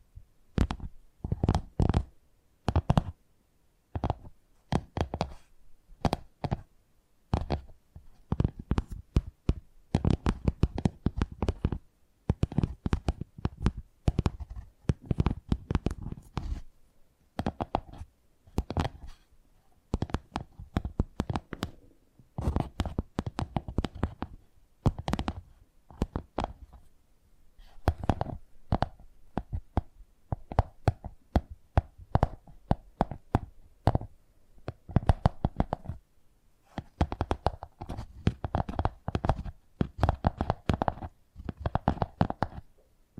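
Tapping sounds in quick, clustered bursts fill the whole stretch, each tap a sharp click with a bright, papery edge over a softer thud. The rhythm is irregular, with rapid flurries separated by brief pauses, steady in loudness throughout.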